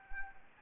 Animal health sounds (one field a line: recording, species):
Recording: mosquito wingbeat signal from an infrared sensor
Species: Anopheles arabiensis